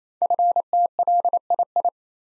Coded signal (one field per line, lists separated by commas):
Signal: Morse code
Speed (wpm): 27 wpm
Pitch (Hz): 700 Hz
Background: none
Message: FTLII